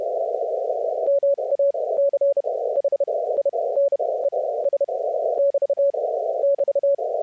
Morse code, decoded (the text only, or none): MACHINES <BT> <BT>